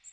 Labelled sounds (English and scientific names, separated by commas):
Magnolia Warbler (Setophaga magnolia) flight call